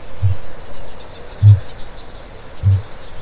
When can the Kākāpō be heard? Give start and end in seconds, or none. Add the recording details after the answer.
0.00-3.22. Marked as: faintness 3/5. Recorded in New Zealand. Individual Stumpy